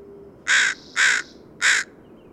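Bird giving three loud, harsh caws, each short and raspy, over a faint steady background hiss.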